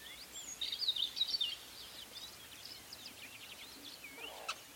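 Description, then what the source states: Weavers chattering, high scratchy chirps and short rising notes, with a louder sharp note near the end. Recorded at a large weaver nest in Etosha National Park, Namibia.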